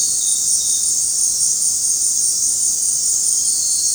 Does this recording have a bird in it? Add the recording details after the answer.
no. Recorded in dense forest near Puerto Asís, Putumayo, Colombia, on 20 February 2024 at 19:00. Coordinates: 0.503, -76.322. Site G6418